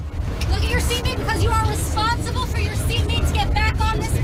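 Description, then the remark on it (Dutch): Steady low engine rumble fills the inside of a moving bus full of journalists from around the world on an army press tour to Kibbutz Nir Oz near the Gaza Strip, with several voices chattering over the drone throughout and no pauses in the background noise. “We zitten in een bus vol met journalisten van over de hele wereld en we zijn onderweg naar Nir Oz.”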